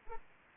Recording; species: mosquito wingbeat signal from an infrared sensor; Anopheles arabiensis